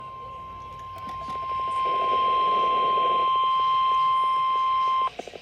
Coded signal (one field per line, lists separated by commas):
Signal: Emergency Alert System (SAME) tones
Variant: 1050 Hz attention tone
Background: speech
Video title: EAS Severe Thunderstorm Warning on NOAA Radio (6/29/2025) EAS #525